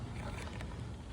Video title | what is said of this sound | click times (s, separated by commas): Lethal Lily Witch Animatronic Unboxing, Setup & Demo - Home Depot Halloween 2023 | connect her two wires and you'll hear a snap | 0.6 s